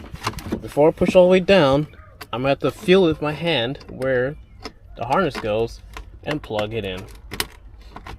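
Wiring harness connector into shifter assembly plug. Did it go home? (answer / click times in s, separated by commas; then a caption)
yes / 7.4 s. Someone talks while reaching down by feel to plug the plastic shifter/4WD selector wiring harness connector into its mating plug on the shifter assembly of a 2005 Montero/Pajero during a shifter cable bushing replacement. A sharp click at 7.4 s marks the connector seating, confirmed clicked in before the assembly is pushed down all the way.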